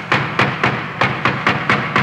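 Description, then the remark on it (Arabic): Heavy, violent knocking on a door at night while Indian forces surround a village: about eight hard, rapid blows in a steady rhythm, each a loud booming thud with a sharp crack, and no voices. “سمعنا طرقا عنيفا على الباب انخلعت له قلوبنا.”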